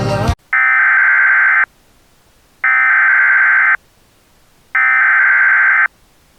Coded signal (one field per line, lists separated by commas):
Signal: Emergency Alert System (SAME) tones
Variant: header bursts